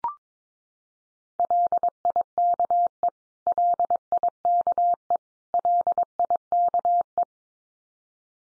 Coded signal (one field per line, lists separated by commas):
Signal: Morse code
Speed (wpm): 22 wpm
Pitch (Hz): 700 Hz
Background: none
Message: LIKE LIKE LIKE